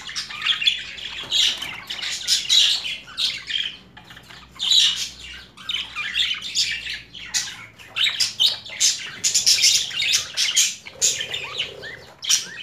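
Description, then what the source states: Budgerigar warbling chatter: a nonstop mix of raspy chirps, clicks and squeaky notes, fairly dense throughout. Female budgerigar; mixed sounds.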